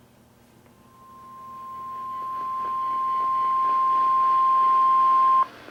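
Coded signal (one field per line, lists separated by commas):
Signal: Emergency Alert System (SAME) tones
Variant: 1050 Hz attention tone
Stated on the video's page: NOAA Weather Radio SAME alerts, severe thunderstorm warnings issued by NWS Sterling, on 162.550 (Independent Hill, VA) and 162.400 (Pikesville, MD) transmitters.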